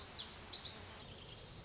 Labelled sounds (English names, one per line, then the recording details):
Lazuli Bunting
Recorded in Sonoma County, California